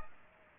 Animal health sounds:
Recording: mosquito wingbeat signal from an infrared sensor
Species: Aedes aegypti

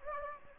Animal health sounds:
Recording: mosquito wingbeat signal from an infrared sensor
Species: Anopheles gambiae

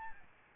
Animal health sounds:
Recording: mosquito wingbeat signal from an infrared sensor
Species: Aedes albopictus

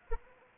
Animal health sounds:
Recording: mosquito wingbeat signal from an infrared sensor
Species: Anopheles arabiensis

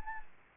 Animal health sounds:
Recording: mosquito wingbeat signal from an infrared sensor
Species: Anopheles gambiae

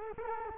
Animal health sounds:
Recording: mosquito wingbeat signal from an infrared sensor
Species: Culex quinquefasciatus

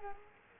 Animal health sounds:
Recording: mosquito wingbeat signal from an infrared sensor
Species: Culex quinquefasciatus

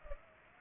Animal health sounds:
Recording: mosquito wingbeat signal from an infrared sensor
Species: Culex pipiens

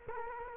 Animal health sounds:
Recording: mosquito wingbeat signal from an infrared sensor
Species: Culex quinquefasciatus

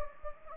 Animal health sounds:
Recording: mosquito wingbeat signal from an infrared sensor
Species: Anopheles gambiae

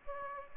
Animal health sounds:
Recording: mosquito wingbeat signal from an infrared sensor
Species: Anopheles gambiae

